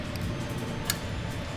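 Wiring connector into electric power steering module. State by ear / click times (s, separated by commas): seated / 0.9 s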